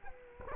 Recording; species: mosquito wingbeat signal from an infrared sensor; Culex quinquefasciatus